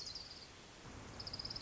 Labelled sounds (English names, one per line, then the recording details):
Orange-crowned Warbler
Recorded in Sonoma County, California